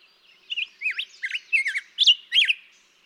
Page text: Black-headed Grosbeak. Daytime singing, example 2. May 17, 2016. Mt. Graham, Arizona